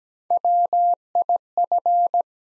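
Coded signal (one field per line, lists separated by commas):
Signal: Morse code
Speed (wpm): 17 wpm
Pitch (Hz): 700 Hz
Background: none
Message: WIF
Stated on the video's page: Morse practice at 17 wpm building 3- to 5-letter words one letter at a time, for beginners working on instant character recognition.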